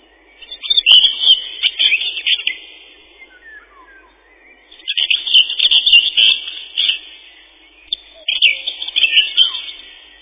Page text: Серая славка, или славка-говорунчик — Sylvia communis. Пение. Песня — щебетание “тирли-ви-тир-ли-чет-чит-читирли”